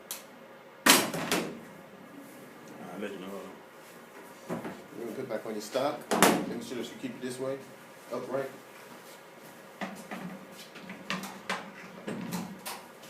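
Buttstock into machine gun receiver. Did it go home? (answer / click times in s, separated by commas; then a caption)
no / none. During reassembly of an M240 machine gun after fieldstrip, the buttstock is handled and held upright to be put back onto the rear of the receiver, where it should snap into place. Someone talks over short, sharp handling knocks and taps. The buttstock has not seated or snapped into place yet.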